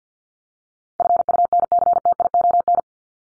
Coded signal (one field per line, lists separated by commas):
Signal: Morse code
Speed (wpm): 48 wpm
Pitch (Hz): 700 Hz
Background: none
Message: FUNCTION